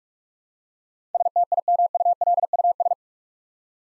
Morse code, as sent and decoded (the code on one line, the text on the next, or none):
... - .. -- ..- .-.. ..- ...
STIMULUS